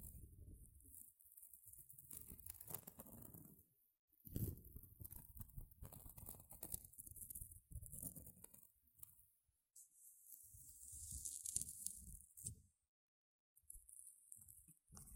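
Gentle scratching comes in soft, uneven bursts with a fine crackly hiss, broken by brief silences near four, ten and thirteen seconds.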